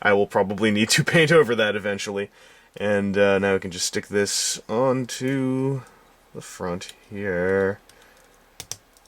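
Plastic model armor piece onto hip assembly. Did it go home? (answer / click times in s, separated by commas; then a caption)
yes / 8.6 s, 8.7 s. Someone talks while working on an MG Figure-rise Kamen Rider Skull plastic model kit, then the crotch armor piece is pushed onto the front of the hip assembly. Sharp plastic clicks at 8.6 s and 8.7 s mark it snapping home. The piece seats with a solid click.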